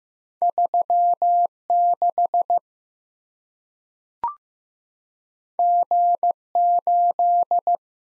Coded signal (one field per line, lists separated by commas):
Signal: Morse code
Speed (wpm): 15 wpm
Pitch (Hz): 700 Hz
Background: none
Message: 36 G8